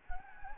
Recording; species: mosquito wingbeat signal from an infrared sensor; Anopheles gambiae